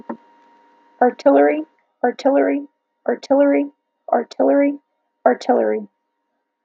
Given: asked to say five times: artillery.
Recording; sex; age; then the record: repeated word; female; 20 to 29 years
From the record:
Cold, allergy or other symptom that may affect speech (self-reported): no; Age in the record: 24 years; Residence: Florida, United States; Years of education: 16